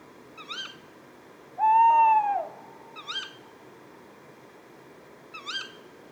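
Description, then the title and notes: Tawny owl gives a loud, sustained, gently falling hoot, framed by three short, sharp kewick calls. A pair at a pond, Etang de Beaumont, Drôme, France, at 4:30 am on 20 February 2020; recorded on a Nagra Seven with a Telinga Pro7 stereo parabola. "Une chouette nuit. 20 février 2020-4h30-Etang de Beaumont - Drôme. ECOUTEZ NATURE. un couple de Chouette hulotte (Strix aluco)"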